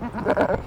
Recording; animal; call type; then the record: contact call of a hoofed animal; goat; low-frequency (closed-mouth) or high-frequency (open-mouth) call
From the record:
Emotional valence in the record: negative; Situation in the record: short social isolation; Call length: 0.67 s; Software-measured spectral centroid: 1200 Hz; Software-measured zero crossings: 1150 a second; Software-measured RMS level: -23 dBFS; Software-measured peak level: -10 dBFS